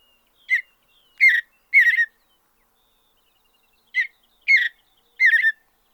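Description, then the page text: Mountain bluebird song in two bursts of three soft, buzzy chirping notes, each note slightly longer than the last, separated by a quiet gap of about two seconds. "Andrew Spencer - Голубая сиалия (Sialia currucoides)"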